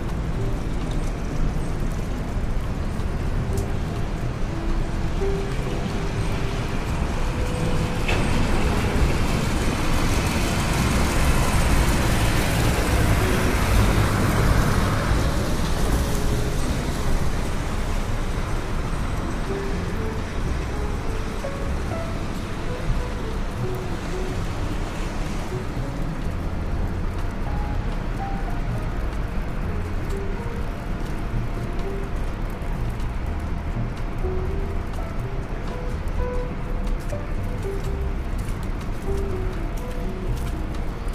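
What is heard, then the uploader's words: Rainy New York street with a steady wash of traffic, a louder vehicle swelling past around ten to fifteen seconds, then easing back. Raining Day In New York.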